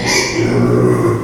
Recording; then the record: squeal of a Yucatan mini pig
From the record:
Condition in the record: before surgery on the right vocal fold (resection and tissue-engineered implant); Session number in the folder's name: 1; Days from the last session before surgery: -3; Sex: male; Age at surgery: 12 weeks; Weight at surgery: 13 kg